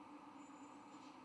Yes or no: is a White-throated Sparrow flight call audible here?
no